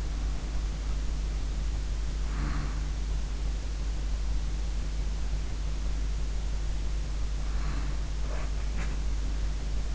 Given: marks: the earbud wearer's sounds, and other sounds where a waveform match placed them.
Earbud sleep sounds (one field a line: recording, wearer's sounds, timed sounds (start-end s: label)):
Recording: sounds in sleep by an in-ear microphone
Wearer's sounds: snoring breath, breath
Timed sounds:
0.00-2.92 s: snoring breath
7.23-8.06 s: breath